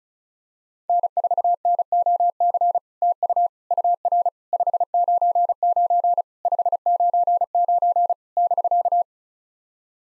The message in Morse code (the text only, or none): N4NOC TU UR 599 599 <BK>